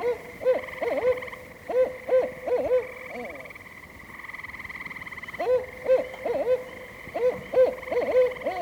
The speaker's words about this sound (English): Suddenly all is quiet, and then out of the darkness of the wood comes the eerie call of a barred owl.